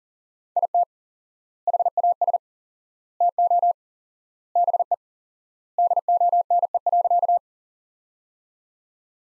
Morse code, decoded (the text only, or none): IT HAS TO BE DONE.